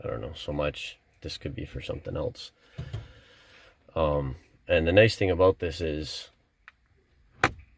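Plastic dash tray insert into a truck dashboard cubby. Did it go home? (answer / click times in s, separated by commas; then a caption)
yes / 7.4 s. A plastic dash tray insert is pushed into the dashboard cubby of a Ford Maverick truck while someone talks. A short, sharp click at 7.4 seconds marks the insert seating and locking in place.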